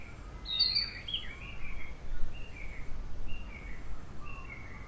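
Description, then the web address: Bird song of brief chirped notes, one bright high phrase near the start, then spaced lower twitters over low rumbling background noise. "yacho koe"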